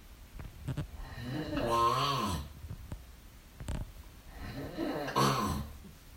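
Two loud, rattling snores a few seconds apart from a sleeping adult man during the night, each a rough, buzzing vibration on breathing in sleep.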